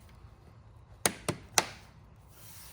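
Thin padauk inlay strips, cut to match a 1/8 inch saw kerf, are pressed dry into the grooves of a maple domino blank, giving sharp wooden clicks at 1.1 s and 1.6 s, with a softer tap at 1.3 s between them. The strip snaps fully seated in the kerf.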